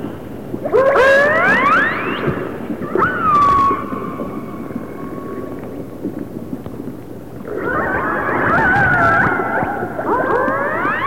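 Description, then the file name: Orca calls, several sharply rising harmonic squeals and a flat held tone, then a longer stacked wavering call, over low background water noise. Resident orcas of the A clan. "Resident Orca ARClan"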